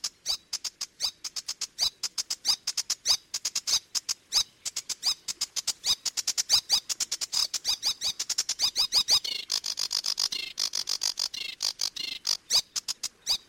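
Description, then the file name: Sedge warbler song: a long, breathless stream of sharp clicks, churrs and buzzy trills, building to a dense rattling passage before easing back to ticking notes. "Phragmite des joncs"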